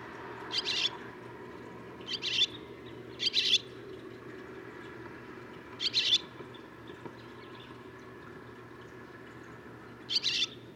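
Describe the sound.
Barn swallow giving short bursts of high, chirpy notes at irregular intervals over a steady background noise.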